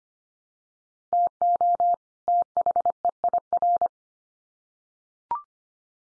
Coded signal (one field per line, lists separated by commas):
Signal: Morse code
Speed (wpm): 25 wpm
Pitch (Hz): 700 Hz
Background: none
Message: TO THEIR